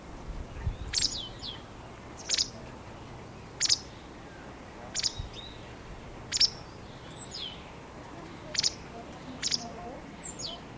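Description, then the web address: Bird uttering high, sharp chirps at uneven intervals, over a quiet background. "Bird Only"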